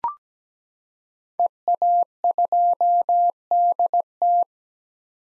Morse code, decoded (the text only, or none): EA2DT